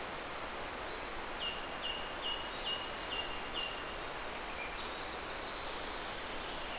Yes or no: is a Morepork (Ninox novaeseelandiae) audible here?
no